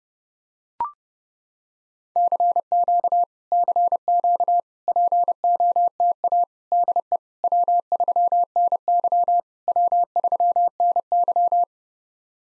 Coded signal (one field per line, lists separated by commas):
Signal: Morse code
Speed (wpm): 30 wpm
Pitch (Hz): 700 Hz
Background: none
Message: CQ CQ POTA DE W3NY W3NY